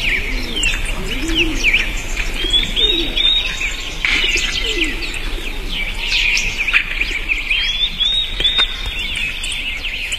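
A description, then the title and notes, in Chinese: Birdsong fills an English garden, with many birds chirping and trilling at once in a dense, bright, continuous chorus. Lower cooing calls, like a pigeon or dove, surface now and then beneath the busy high warbling, with a faint steady hum behind. 自然的声音：英国花园。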